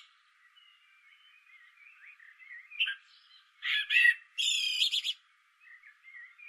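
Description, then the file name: Common blackbird song with soft, faint warbling notes, then two loud bursts of high, scratchy twittering in the middle before quieter warbles return. "Turdus merula"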